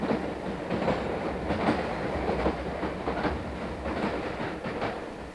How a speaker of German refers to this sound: Auch die Bahnhofsgeräusche, die wir mit Hilfe von 2 Mikrofonen aufnahmen